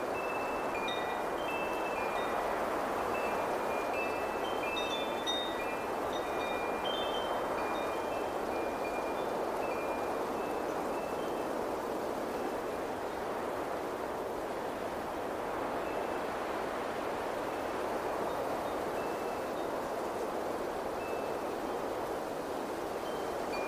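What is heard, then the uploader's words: Wind chimes ring in a steady breeze, their bright tones clustering in the first half and thinning out after about twelve seconds before a few return near the end. Underneath, a constant rushing wind fills the mid range without pause. Wind Chimes + Windy Sounds.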